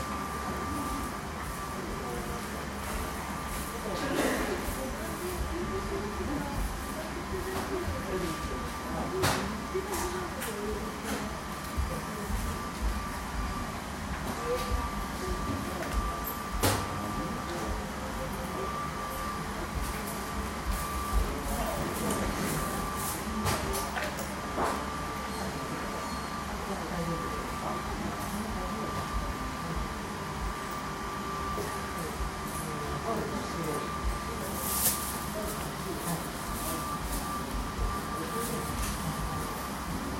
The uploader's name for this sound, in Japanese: 銭湯の受付